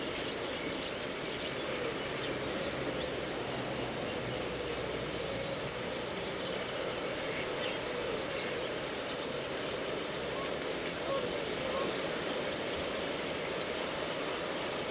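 Reedbed sounds at Slapton Ley form a steady, dense hiss like rushing water, unchanging throughout, with faint scattered ticks and rustles.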